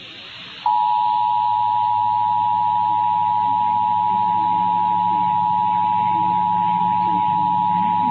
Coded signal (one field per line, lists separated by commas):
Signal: Emergency Alert System (SAME) tones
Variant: 853 and 960 Hz attention tone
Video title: Nintendo switch 3 EAS logo